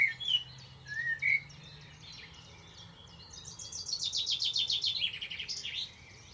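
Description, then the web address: Bird song: two or three sharp whistled notes open, then quiet, then a long quick high trill of repeated notes, over a low humming background. "Deverinetal. Bird Only"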